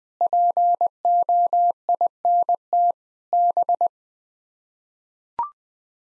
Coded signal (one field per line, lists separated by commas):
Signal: Morse code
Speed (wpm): 20 wpm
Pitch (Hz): 700 Hz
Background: none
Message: POINT B